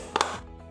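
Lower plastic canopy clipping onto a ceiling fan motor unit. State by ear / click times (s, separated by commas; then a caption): seated / 0.2 s. The lower plastic canopy of a Ryou Series (model K14RH) ceiling fan is clipped in on both sides onto the fan's motor unit until it clicks. Two sharp, loud snaps land close together at 0.2 s and 0.2 s over soft background music. The canopy side clips are seated home.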